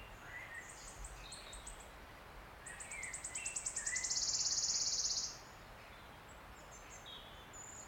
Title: Sound Escape 16: listen to the cascade of wood warbler song in an ancient oak wood